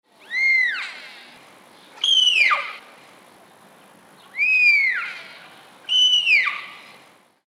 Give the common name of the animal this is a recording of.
Sika Deer